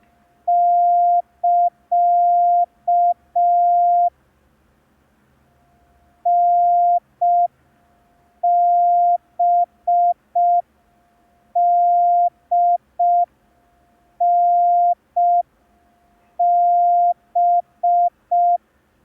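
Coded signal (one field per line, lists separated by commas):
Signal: Morse code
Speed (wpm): 5 wpm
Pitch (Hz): 700 Hz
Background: none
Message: <KA> NBDNB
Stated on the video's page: Morse code lesson, day 2 of a 10-day course.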